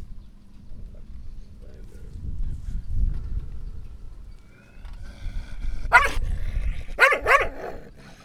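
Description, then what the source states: Dog: low rumbling noise for several seconds, then a few loud harsh barks near the end. Village dogs in a hamlet in Laâssilat, Morocco, tied up, barking and growling in front of a house; recorded by Kais, Ayman and Mohamed.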